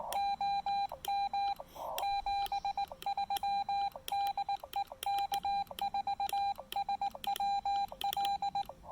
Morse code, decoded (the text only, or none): OM 73 DE K4SWL